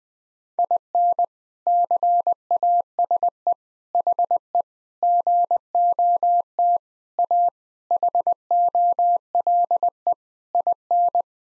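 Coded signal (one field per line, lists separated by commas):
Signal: Morse code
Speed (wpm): 20 wpm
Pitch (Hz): 700 Hz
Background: none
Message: IN CASE HE GOT A HOLE IN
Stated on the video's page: Morse code practice at 20 wpm sending all-age jokes, using contextual priming.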